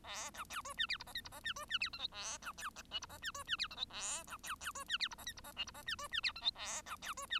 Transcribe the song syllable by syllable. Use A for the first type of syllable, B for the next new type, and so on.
A B C D E F G H I G H E D E F J K A B C L G H E D E F J K A B C C D E F G H I G H L G H E D E F J K A B C D E